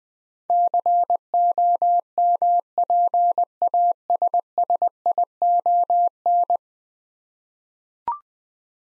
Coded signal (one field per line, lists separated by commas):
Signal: Morse code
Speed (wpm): 21 wpm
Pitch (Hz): 700 Hz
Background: none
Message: COMPASSION